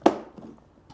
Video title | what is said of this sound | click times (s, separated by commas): UNBOXING STAR WARS The Vintage Collection The Ghost HasLab - Hasbro Pulse | click into place. | 0.1 s